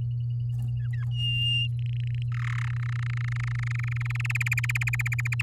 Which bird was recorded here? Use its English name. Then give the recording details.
Domestic Canary. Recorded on 10 May 2018 at 12:56. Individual llb16